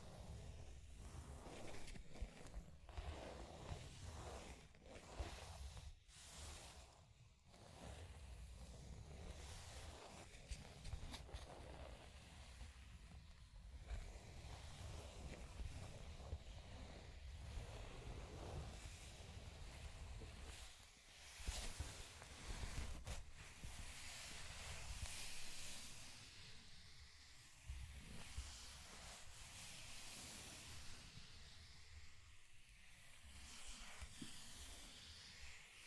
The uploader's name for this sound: Scratching and Tracing Sounds